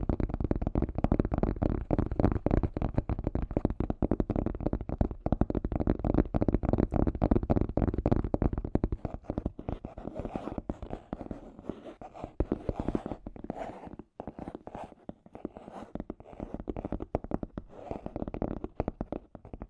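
Scratchy tapping runs throughout as a dense, rapid stream of small clicks and scrapes with a low rumbling undertone. The first half is fuller and steadier; after about ten seconds it thins out, turning patchier and more uneven, with brief gaps and sharper isolated taps.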